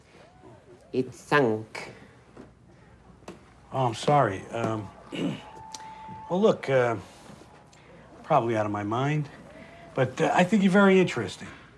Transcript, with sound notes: It sunk.
Oh, I'm sorry. (clears throat) Well, look, probably out of my mind, but I think you're very interesting.